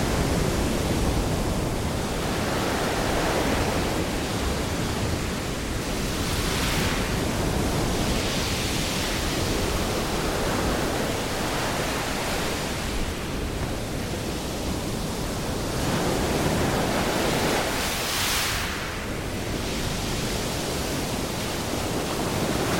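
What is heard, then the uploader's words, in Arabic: Ocean waves wash in a dense, steady roar that fills the whole range from low rumble to bright hiss. Brighter surges of foam rise about every five to six seconds, near 7, 13 and 18 seconds, while the overall loudness stays nearly constant. أصوات المحيط للنوم | سكون المحيط الهادئ. أصوات المحيط للنوم: أمواج المحيط الهادئ الرائعة.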